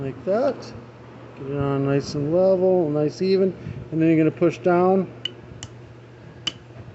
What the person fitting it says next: you'll hear two clicks where it clicks into each side and the float's nice and level